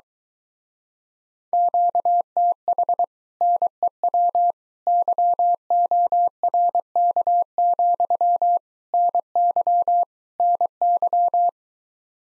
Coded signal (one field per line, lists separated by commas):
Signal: Morse code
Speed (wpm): 24 wpm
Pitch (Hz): 700 Hz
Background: none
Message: QTH NEW YORK, NY NY